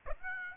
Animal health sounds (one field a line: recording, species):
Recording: mosquito wingbeat signal from an infrared sensor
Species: Aedes aegypti